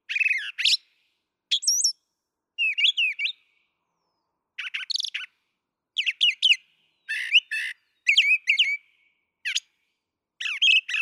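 Brown thrasher singing a varied series of short phrases, buzzy chips and slurred notes often doubled, separated by brief silences.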